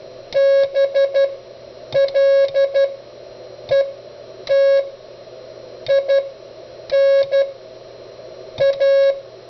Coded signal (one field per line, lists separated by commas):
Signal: Morse code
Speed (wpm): 12 wpm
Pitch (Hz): 550 Hz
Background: none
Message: BLETINA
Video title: "Autologging" with the Begali CW Machine